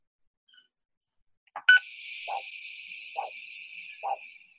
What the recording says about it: Beautiful, triphasic signal. We've got the upstroke, the downstroke, and the third one there. Actually not that easy to hear, is it? Yeah, You could call that monophasic if you were listening in and you weren't quite sure. I purposely on that one had the Doppler at the wrong angle.